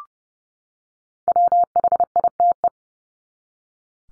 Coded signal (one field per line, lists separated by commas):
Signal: Morse code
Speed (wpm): 30 wpm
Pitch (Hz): 700 Hz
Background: none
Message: WHITE